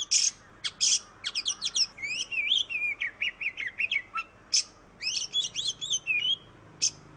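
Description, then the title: Oriental magpie-robin song of harsh rasping bursts, quick chattering notes and slurred whistles, a lively varied sequence. "Suara Kacer"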